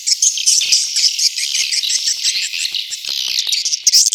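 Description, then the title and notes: Swiftlet chattering: a thick wash of high, thin chirps and squeaks, busy and unbroken. Asia; sound used in swiftlet farming to attract the birds. "Swiflet Bird Sound. Farming Swiflet Bird asia sound"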